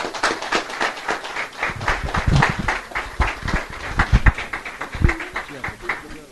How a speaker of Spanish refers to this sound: Muchas gracias, queremos con cariño ofrecerle, ponerle esta medalla con cariño. Muchas gracias y un fuerte aplauso.